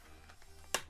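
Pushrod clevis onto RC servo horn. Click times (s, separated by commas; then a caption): 0.7 s. On a ZOHD Drift Dark Breeze RC foam plane, the small plastic clevis on the carbon pushrod is spread slightly and pressed onto the servo arm. A faint handling tick at 0.4 s is followed by a sharp, bright snap at 0.7 s. The clevis clips onto the servo horn and is seated.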